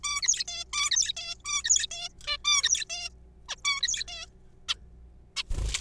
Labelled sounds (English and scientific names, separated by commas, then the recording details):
Zebra Finch (Taeniopygia guttata)
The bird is a juvenile
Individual R3428